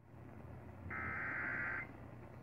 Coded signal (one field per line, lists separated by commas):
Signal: Emergency Alert System (SAME) tones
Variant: header bursts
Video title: Labor Day Required Monthly Test (EAS #721-726)